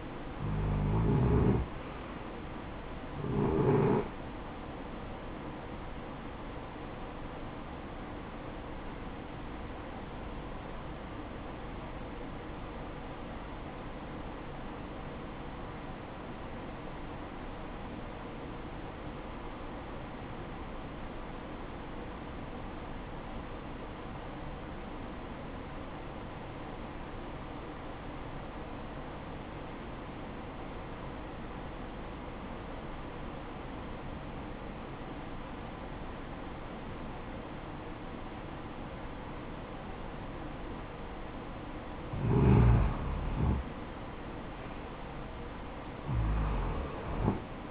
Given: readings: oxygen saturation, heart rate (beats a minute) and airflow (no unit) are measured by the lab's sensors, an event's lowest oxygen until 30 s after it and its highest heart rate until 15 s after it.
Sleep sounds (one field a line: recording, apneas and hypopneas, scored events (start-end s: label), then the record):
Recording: breathing in sleep by a voice recorder at the bedside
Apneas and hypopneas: 1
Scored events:
10.00-42.50 s: obstructive apnea (REM, oxygen 94% highest, then 78% lowest, heart rate 64 at the start, 77 highest)
From the record:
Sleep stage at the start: REM sleep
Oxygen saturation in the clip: 76 to 94%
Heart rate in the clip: 45 to 78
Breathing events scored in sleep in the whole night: 573 in 9.8 hours asleep